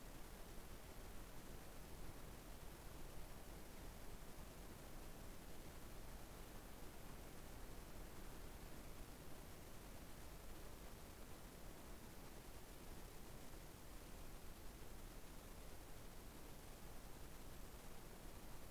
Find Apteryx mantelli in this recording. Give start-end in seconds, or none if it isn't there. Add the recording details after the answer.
none. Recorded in New Zealand on 21 November 2014. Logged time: 02:28. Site CL78